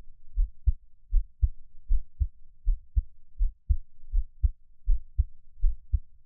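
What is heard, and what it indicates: Soft, low thumps repeat steadily at about 80 beats a minute, each beat a close pair of lub-dub sounds. A gentle, calm, normal adult heartbeat with no extra sounds or talking.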